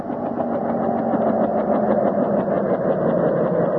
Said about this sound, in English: There she is, Professor. Right on time. It's just after 5. Oh, that's some big helicopter. Mm. Oh, the pilot sees us. Yeah, it's almost down.